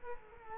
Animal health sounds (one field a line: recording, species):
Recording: mosquito wingbeat signal from an infrared sensor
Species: Culex quinquefasciatus